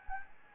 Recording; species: mosquito wingbeat signal from an infrared sensor; Anopheles gambiae